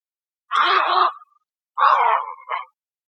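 Bird uttering two coarse, grating screeches about a second apart, the second trailing into a short clipped note.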